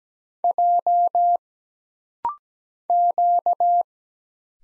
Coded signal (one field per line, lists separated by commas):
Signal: Morse code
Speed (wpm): 17 wpm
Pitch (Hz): 700 Hz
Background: none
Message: J Q